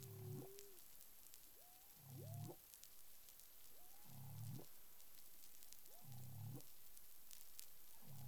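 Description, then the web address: Humpback whale sounds: rising and falling tonal whoops paired with low grunting pulses, repeated about every two seconds, over steady background hiss. Recorded in the Caribbean on 13 February 2021 at 10:11 UTC. "pub CARIMAM clean data humpback whale 20210213 101128 UTC"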